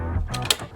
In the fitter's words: You'll push down on that plastic until you hear it click.